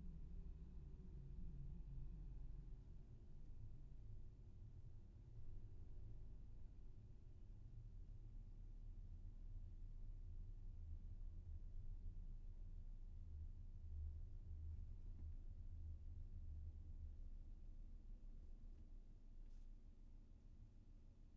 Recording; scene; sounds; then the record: everyday scene through a hearing-aid microphone; in a vehicle; engine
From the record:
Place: VW T5 Caravelle, diesel engine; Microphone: behind the ear, left, front